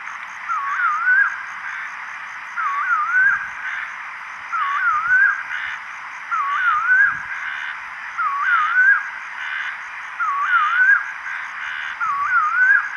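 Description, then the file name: Bird calling a short zigzag whistled phrase, rising and falling, repeated about every two seconds, over a steady high-pitched hum. "SABIOD 50 bird 2015"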